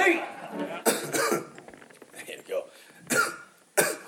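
Repeated chest coughs from an adult man with a chest cough picked up after a trip to Canada, heard now and again during a live gig.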